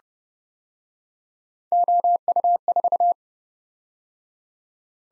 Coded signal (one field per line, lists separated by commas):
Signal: Morse code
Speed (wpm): 27 wpm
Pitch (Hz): 700 Hz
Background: none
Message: OU4